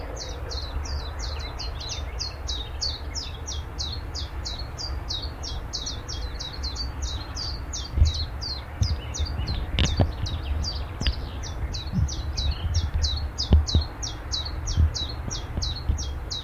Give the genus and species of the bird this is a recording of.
Phylloscopus trochilus